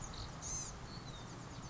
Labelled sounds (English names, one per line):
Blue-gray Gnatcatcher